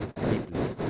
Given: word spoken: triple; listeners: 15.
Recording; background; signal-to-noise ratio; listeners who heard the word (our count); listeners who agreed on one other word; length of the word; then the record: one Spanish word in noise, from a listening test; noise modulated by one talker; -9.6 dB; 1 of 15; 6 of 15; 0.50 s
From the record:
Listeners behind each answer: 6, 2, 1, 1, 1, 1, 1, 1, 1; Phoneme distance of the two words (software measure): 37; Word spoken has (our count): 2 syllables, 6 phonemes, stress on syllable 1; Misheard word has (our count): 2 syllables, 5 phonemes, stress on syllable 1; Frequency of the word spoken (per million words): 14.38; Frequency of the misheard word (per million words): 50.16